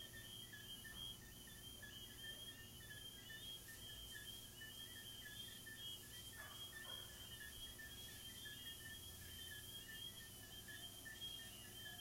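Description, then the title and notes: Crickets chirping in a steady pulsing stream of high notes with a fainter lower band beneath, continuing without pause over a soft hiss. Crickets recorded in a garden. "These are relaxing asmr crickets from my garden"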